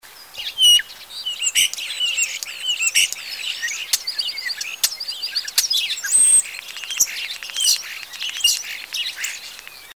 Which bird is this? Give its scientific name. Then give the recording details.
Sturnus vulgaris. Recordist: Tembrock, Günter. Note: Gesang